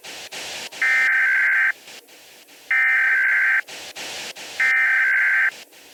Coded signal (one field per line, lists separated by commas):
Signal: Emergency Alert System (SAME) tones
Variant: header bursts